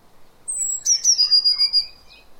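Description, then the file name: Eurasian blue tit calling a high descending whistle followed by a quick string of scolding pulses, with a faint lower chirp behind. "Cyanistes caeruleus"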